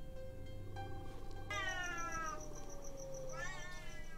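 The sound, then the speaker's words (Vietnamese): Cats outside yowl in long, wavering, high-pitched cries, one drawn-out wail sliding downward followed by another rising howl over a steady low hum, with no talking. “Thế nhưng cô nhanh chóng nhận ra đây không phải là tiếng trẻ con, mà là tiếng mèo kêu.”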